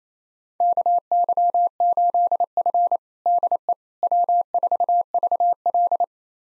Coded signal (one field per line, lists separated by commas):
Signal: Morse code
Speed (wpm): 28 wpm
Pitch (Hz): 700 Hz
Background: none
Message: KY8F DE W4VL